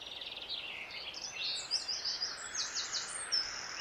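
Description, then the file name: Eurasian blackcap warbling song, a quiet run of varied chattering and whistled notes with faint background hiss. "Sylvia atricapilla"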